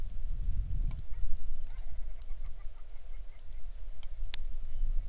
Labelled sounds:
grouse or ptarmigan

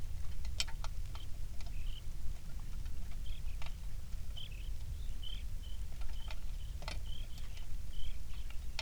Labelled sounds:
songbird, wind, rain

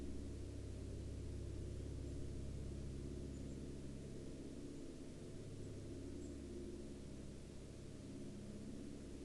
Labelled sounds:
bird, aircraft

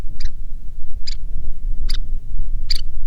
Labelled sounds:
bird, wind

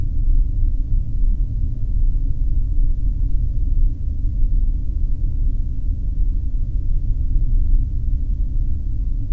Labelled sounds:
flare stack

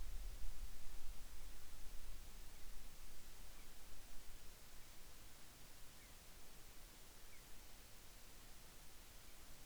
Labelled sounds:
wind

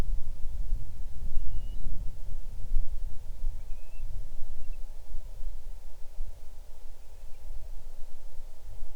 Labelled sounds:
bird

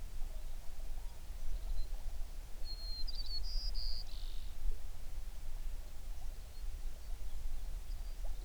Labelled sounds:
songbird

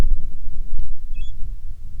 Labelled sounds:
bird, wind

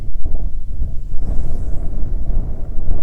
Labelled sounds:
wind, insects

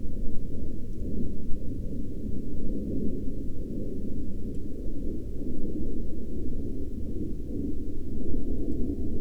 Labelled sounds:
aircraft

